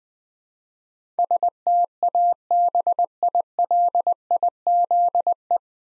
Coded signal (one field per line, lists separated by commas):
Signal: Morse code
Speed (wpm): 21 wpm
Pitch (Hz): 700 Hz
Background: none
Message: STABILIZE